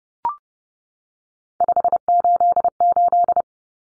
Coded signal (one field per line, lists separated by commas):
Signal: Morse code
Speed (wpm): 30 wpm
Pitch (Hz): 700 Hz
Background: none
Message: 588